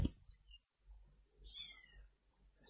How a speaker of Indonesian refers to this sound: Kedengaran gak suara kucing? Belum makan kayaknya. Ada 5 kucing kecil. Ada kitten, pemirsa.